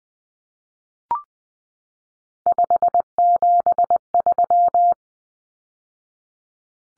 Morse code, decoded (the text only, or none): 573